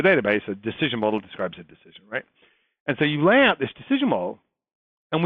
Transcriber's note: none